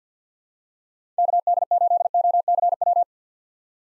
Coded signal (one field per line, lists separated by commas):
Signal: Morse code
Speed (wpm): 50 wpm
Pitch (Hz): 700 Hz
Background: none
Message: KD8OCW